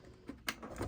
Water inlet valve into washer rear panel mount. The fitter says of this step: pop it in until it clicks. So it clicked. We're good, so we just have to reassemble.